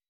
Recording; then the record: hydrophone in a shrimp aquaculture tank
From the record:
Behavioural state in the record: weakened